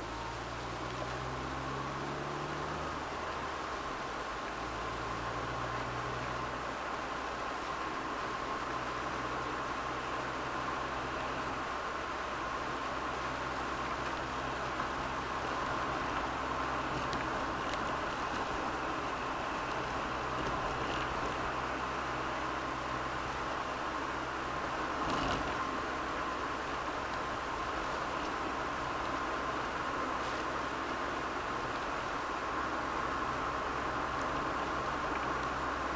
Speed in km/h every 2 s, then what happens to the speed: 36, 44, 45, 49, 49, 51, 51, 51, 51, 50, 50, 51, 50, 50, 51, 52, 52, 51.
0-5 speeds up to 49. 5-36 steady at about 51.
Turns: none.